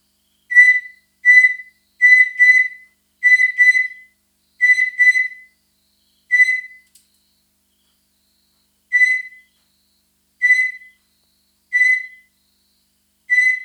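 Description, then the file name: Aerotegmina vociferator calls: a series of loud, sharp, shrill pulses, singles and pairs in quick succession, then a pause before more evenly spaced single pulses. Recorded in the Nguru Mountains, Tanzania, at a temperature of 21 °C. "Aerotegmina vociferator Nguru Mts 21 C"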